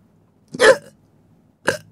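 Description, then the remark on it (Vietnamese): A voice imitates a woman hiccuping as she walks, with two sharp, gulping bursts about a second apart, the first louder and longer, the second shorter, with quiet in between. “Cứ nó cục vậy đó.”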